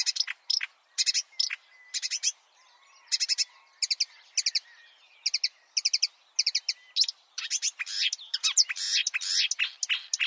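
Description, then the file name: Marsh warbler song, bursts of dry buzzy chatter alternating with short pauses, ending in a continuous busy run of scratchy, varied notes. "suara-kicauan-burung-marsh-warbler -omkicau"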